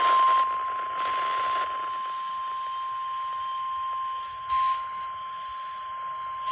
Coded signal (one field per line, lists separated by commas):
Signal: Emergency Alert System (SAME) tones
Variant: 1050 Hz attention tone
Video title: EAS 156: Required Weekly Test for the week of 12/13/2021